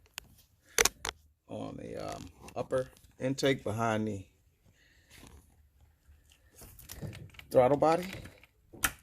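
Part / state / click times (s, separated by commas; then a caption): oil catch can hose quick-connector onto upper intake port behind throttle body / seated / 8.8 s. The second hose from a JLT oil catch can on a 2019 Camaro SS has its quick-connect fitting pushed onto the upper intake port behind the throttle body, while someone talks. After a few sharp ticks near the start and some quiet handling noise, the fitting clicks into place at 8.9 s and is seated.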